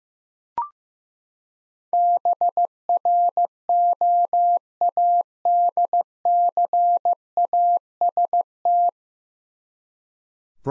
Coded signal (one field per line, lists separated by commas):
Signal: Morse code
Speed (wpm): 15 wpm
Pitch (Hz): 700 Hz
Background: none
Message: BROADCAST